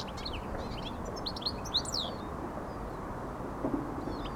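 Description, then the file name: European goldfinch song: faint scattered twittering notes, high and quick, over a steady low rumble of background noise. "Carduelis carduelis"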